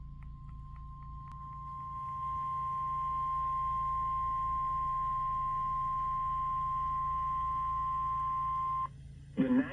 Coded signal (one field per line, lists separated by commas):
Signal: Emergency Alert System (SAME) tones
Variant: 1050 Hz attention tone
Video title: eas svr Eas#80